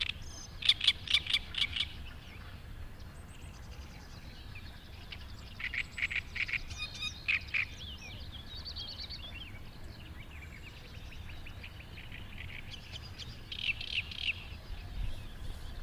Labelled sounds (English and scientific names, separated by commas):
Great Reed Warbler (Acrocephalus arundinaceus) song